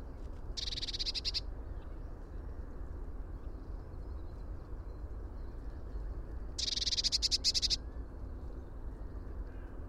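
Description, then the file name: Eurasian blue tit trill calls: two short bursts of rapid high notes, about a second each and six seconds apart, over a steady low rumble. "Cyanistes caeruleus"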